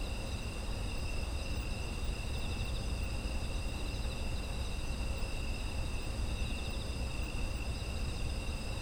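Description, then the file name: Insects trilling nonstop, multiple thin, buzzy tones at separate pitches running side by side, a dull rumble underneath. Autumn insect ambience. "秋の虫の環境音"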